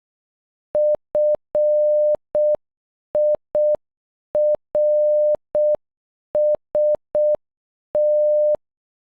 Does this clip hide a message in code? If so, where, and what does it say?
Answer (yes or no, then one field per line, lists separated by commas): yes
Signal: Morse code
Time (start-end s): 0.8-8.6 s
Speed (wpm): 12 wpm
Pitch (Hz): 600 Hz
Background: none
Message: FIRST